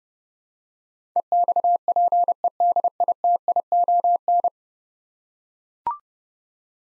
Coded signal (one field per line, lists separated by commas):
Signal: Morse code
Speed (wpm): 30 wpm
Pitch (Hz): 700 Hz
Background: none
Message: EXPEDITION